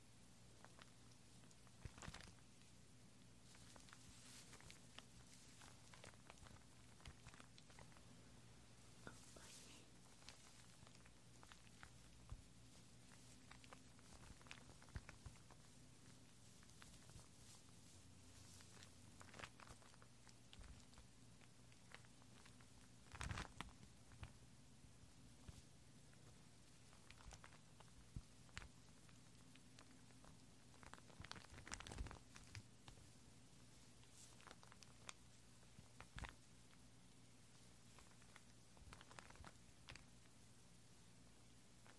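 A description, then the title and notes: Gentle, clicky and sticky sounds: soft taps and small crackles scattered irregularly across the clip, with sharper clicks near 23 and 32 seconds. A steady low hum runs underneath throughout, with a faint hiss above it. Assorted Gentle Sounds .. Silent . Clicky . Sticky . Soapy.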